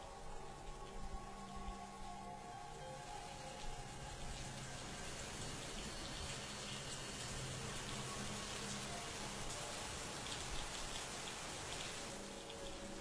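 Steady rain pours down outside a village house on a cold night, a dense, even hiss of drops pattering on surfaces with no letup and no voices.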